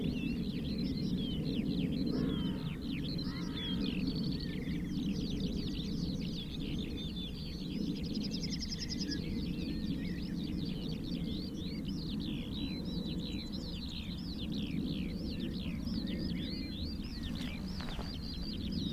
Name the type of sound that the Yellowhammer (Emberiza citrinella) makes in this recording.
song